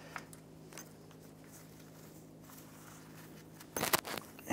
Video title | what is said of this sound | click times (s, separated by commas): How to Replace Transmission Oil Cooler Line 2006-2013 Chevrolet Impala | just snaps into place | 3.9 s